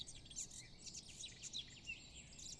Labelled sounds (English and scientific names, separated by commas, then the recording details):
Eurasian Blackcap (Sylvia atricapilla)
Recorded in Germany
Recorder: ecoPi